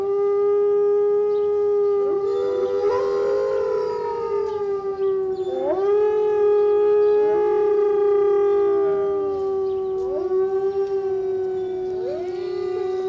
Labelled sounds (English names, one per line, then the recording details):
Gray Wolf howling
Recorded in captivity
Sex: group
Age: adult
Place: Zoo Berlin, Berlin, DE
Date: 1988-11-12 10:12
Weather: bedeckt, 8-12°C
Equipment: Sony WM-D6C, Kopie 19 cm
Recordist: Tembrock, Günter